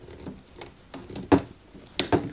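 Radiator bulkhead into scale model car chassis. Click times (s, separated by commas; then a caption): 2.0 s. A plastic radiator bulkhead is pressed by hand into its mount on the chassis of a 1/8 scale Ferrari 330 P4 model car. Faint ticks and taps lead to a louder knock at 1.3 s, then a sharp, loud click at 2.0 s as it clips into place. The bulkhead is seated perfectly.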